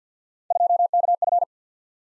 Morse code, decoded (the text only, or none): 2KF